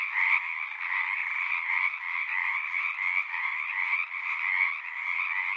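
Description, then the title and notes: Chorus of Pacific tree frogs, a constant mass of buzzy croaks with slight swells in loudness, no pauses. Large raucous community singing at the Frog Ponds of Magnusson Park, Seattle, Washington; recorded ORTF with a pair of Røde NT5 microphones on a Sound Devices 702. "Pacific Tree Frog. One local community here in Seattle is located in the Frog Ponds of Magnusson Park. Go there any spring or summer day near dusk or pre-dawn and you'll hear them singing their little hearts out"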